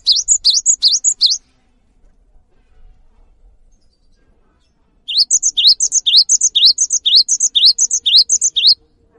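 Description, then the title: Cinereous tit giving a short burst of repeated high two-note phrases, then a few seconds of quiet, then a longer run of the same bright rising phrases. Singing actively (gacor); its long chirping calls (wucit) stir other birds of its kind to start calling along. "GELATIK BATU GACOR WUCIT PANJANGNYA BIKIN GELATIK LAIN JADI TERPANCING UNTUK IKUT BUNYI"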